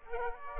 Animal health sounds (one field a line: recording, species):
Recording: mosquito wingbeat signal from an infrared sensor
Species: Aedes aegypti